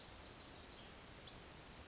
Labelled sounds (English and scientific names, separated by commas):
Western Flycatcher (Empidonax difficilis)